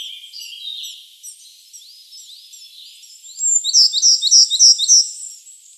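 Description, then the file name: Eurasian blue tit calls: thin high notes early, then a loud run of sharp descending chirps in quick succession near the end. "Cyanistes caeruleus"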